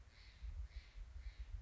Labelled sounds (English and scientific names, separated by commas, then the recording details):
Steller's Jay (Cyanocitta stelleri)
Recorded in Sonoma County, California